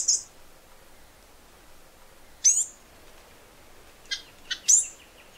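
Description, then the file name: Flame-crested Tanager uttering scattered thin, high, downward-sweeping chips at irregular intervals, a few softer notes between them, against faint background hiss. "canto do tie galo"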